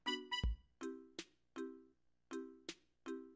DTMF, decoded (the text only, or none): none